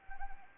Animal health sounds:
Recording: mosquito wingbeat signal from an infrared sensor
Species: Anopheles arabiensis

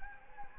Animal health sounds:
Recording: mosquito wingbeat signal from an infrared sensor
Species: Anopheles gambiae

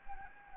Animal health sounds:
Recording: mosquito wingbeat signal from an infrared sensor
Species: Anopheles gambiae

